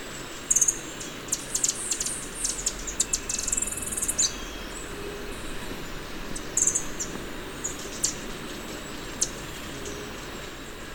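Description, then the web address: Ashy-throated bush-tanager giving bursts of high, thin buzzy notes and chips, repeated in short phrases throughout over a constant low rumble. Recorded in Ecuador. "Birds of Ecuador. Ashy-throated Bush-Tanager"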